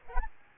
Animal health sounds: mosquito wingbeat signal from an infrared sensor; Aedes albopictus

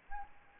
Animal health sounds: mosquito wingbeat signal from an infrared sensor; Anopheles arabiensis

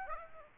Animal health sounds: mosquito wingbeat signal from an infrared sensor; Aedes aegypti

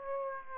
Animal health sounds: mosquito wingbeat signal from an infrared sensor; Aedes aegypti

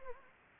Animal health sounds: mosquito wingbeat signal from an infrared sensor; Anopheles gambiae

